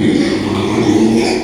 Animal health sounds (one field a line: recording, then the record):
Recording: squeal of a Yucatan mini pig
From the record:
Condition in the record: after surgery on the right vocal fold (resection and tissue-engineered implant)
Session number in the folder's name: 2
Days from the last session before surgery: 13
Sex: male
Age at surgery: 12 weeks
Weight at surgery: 13 kg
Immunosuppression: cyclosporine, prednisolone